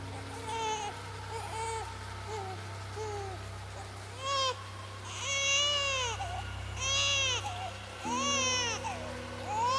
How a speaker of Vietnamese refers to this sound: Em nghe thấy rồi. Anh Việt ơi, có rất nhiều tiếng trẻ con khóc trong căn buồng này.